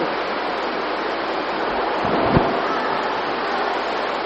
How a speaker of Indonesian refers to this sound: Kalau belum jelas insyaallah kita ulangi pada pertemuan yang berikutnya, karena mungkin suaranya tuh kurang jelas nih, kalah dengan air hujan.